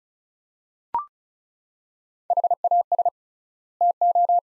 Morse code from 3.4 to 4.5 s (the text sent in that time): TO